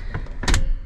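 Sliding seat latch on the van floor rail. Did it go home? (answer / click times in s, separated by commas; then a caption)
yes / 0.5 s. A rear seat in a Subaru Domingo van is slid forward along its floor rails, with a light knock at about 0.1 s. A rising scrape follows, then the sliding seat latch on the floor rail clunks twice in quick succession at about 0.5 s as it locks into place, confirming the seat is seated.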